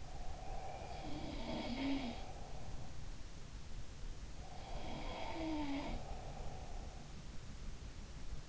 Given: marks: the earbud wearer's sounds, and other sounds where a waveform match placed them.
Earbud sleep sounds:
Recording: sounds in sleep by an in-ear microphone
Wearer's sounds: breath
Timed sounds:
0.00-2.73 s: breath
0.97-2.31 s: sound from someone else or the room
4.43-7.13 s: breath
4.65-6.15 s: sound from someone else or the room

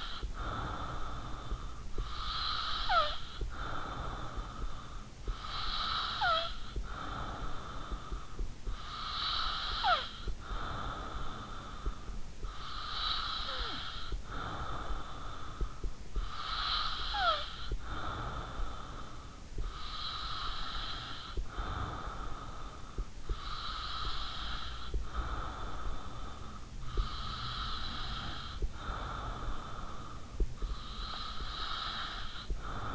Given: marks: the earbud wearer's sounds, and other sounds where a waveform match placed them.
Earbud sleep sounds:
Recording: sounds in sleep by an in-ear microphone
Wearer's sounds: snoring breath, breath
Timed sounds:
0.00-12.43 s: snoring breath
12.43-32.95 s: breath

